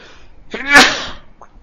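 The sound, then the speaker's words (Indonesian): A single sneeze: a short voiced build-up breaking into a sharp, hissy burst that quickly fades, fairly loud and with no talking around it. “Alhamdulillah.”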